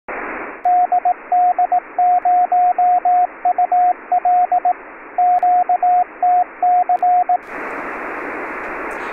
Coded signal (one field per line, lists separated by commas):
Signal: Morse code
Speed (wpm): 18 wpm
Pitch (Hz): 720 Hz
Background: radio noise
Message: DD0UL QTC